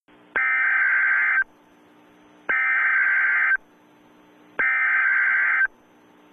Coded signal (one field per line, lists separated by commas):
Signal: Emergency Alert System (SAME) tones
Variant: header bursts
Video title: EAS 1